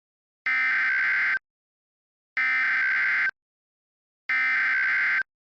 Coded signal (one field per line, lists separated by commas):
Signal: Emergency Alert System (SAME) tones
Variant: header bursts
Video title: EAS Scenario - The Carolina Ejection (REUPLOAD)